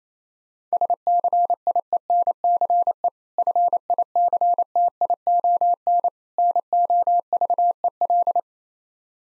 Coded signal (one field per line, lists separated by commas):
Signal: Morse code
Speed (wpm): 28 wpm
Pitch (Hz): 700 Hz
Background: none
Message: SCIENCE FICTION NOVEL